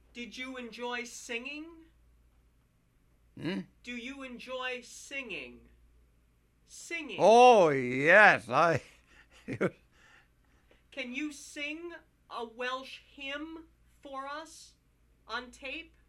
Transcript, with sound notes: Did you enjoy singing?
Huh?
Do you enjoy singing? Singing? (he laughs) Can you sing a Welsh hymn for us on tape?